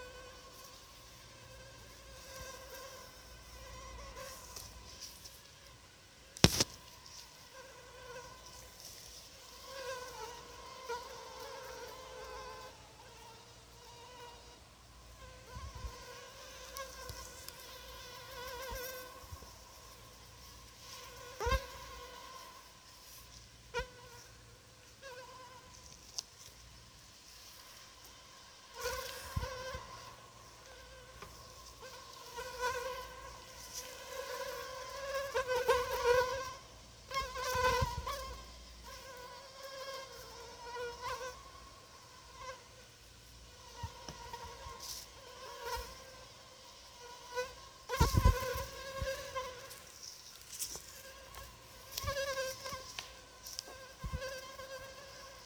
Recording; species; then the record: mosquito flight sound by mobile phone; Anopheles arabiensis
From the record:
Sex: female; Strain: Rufisque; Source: CDC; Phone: Sony Xperia